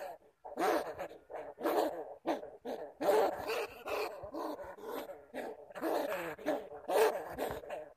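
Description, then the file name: Bamboo rat voicing raspy, pulsing growls in quick repeated bursts. "Tieng dui keu"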